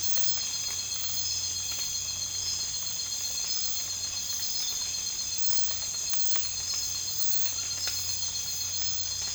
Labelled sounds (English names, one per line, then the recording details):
none
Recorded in dense forest near Puerto Asís, Putumayo, Colombia, on 19 March 2025 at 01:30
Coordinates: 0.484, -76.317
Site G064